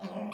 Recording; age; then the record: pig call; piglet (1 to 25 days)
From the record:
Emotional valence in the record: negative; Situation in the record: long isolation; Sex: male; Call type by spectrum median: low-frequency call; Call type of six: mixed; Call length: 0.34 s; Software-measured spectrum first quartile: 210 Hz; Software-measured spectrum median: 437 Hz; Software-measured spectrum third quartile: 820 Hz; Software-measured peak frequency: 203 Hz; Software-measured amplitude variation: 127 dB a second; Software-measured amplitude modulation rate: 20.5 a second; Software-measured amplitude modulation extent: 6.2 dB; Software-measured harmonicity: 4.2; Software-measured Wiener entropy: -0.37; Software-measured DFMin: 845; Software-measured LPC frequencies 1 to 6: 550, 2443, 3149, 4315, 5497, 6783 Hz